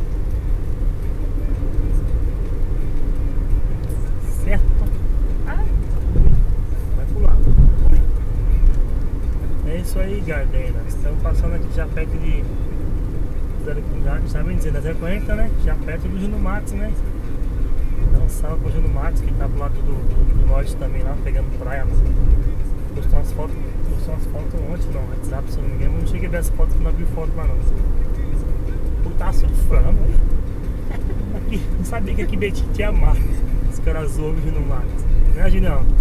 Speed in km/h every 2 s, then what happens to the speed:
90, 91, 86, 85, 88, 90, 92, 93, 93, 92, 92, 91, 91, 91, 90, 91, 93, 90.
0-5 steady at about 90. 5-13 speeds up to 93. 13-36 steady at about 91.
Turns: none.